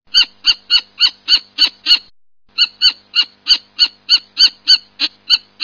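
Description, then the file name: European bee-eater calls: a steady run of short, burry notes, about three each second, broken by one brief pause, over a faint low hum. "guepier europe"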